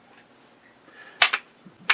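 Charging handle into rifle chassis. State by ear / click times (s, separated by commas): seated / 1.2 s, 1.9 s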